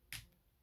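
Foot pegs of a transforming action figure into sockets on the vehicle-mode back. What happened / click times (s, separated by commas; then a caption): Small plastic pegs snapped into their sockets / 0.1 s. While transforming a plastic Optimus Prime figure, the two small pegs on top of the feet are pushed into their sockets on the back of the vehicle. One short, sharp snap is heard at 0.1 s. The pegs seat, and the back of the vehicle is done.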